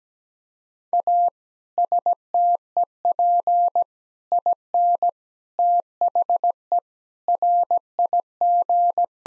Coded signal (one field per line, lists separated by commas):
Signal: Morse code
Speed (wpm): 17 wpm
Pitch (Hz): 700 Hz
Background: none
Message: A STEP IN THE RIG